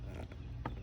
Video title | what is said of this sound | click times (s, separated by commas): Replacing Turn Signal switch on 2008 Pontiac G5 | You lock the tabs by pushing them down. | 0.7 s